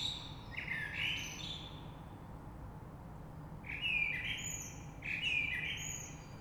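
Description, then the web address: Common blackbird song: a short fluty phrase, then after a pause two similar clear whistled notes with brief squeaky high endings, about one and a half seconds apart. Recorded 3 March 2020. "oiseaux Rush Merle 3-3-2020"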